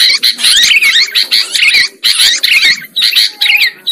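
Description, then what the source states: Lovebird chatter: grouped bursts of piercing squeaks and sliding chirps, separated by brief quiet. Lure recording used to attract birds for trapping.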